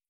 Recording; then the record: hydrophone in a shrimp aquaculture tank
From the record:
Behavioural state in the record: feeding